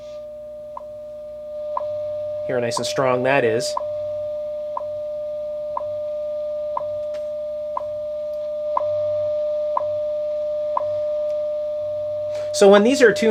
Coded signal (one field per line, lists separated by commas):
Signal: radio time signal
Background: speech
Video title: Tube Radio Restoration, Hammarlund HQ-120